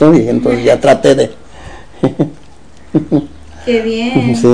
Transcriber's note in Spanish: risas